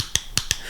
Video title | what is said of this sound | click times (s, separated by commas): That Moto Show DirtBikeTV #3- ”Lightnin’ Strikes Again” | the nice thing with these these spoke wrenches you can hear it click right here | 0.2 s, 0.4 s, 0.5 s